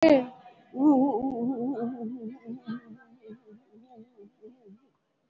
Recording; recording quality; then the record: sustained vowel as in boot; moderate, slight background noise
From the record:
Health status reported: COVID-19 positive, moderate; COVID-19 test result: positive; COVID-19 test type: RT-PCR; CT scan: not taken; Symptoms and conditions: sore throat, fatigue, loss of smell and taste, another respiratory illness, hypertension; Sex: female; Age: 68 years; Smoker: no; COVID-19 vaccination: none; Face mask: worn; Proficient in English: yes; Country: India